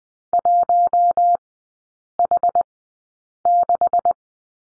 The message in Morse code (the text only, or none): 1H6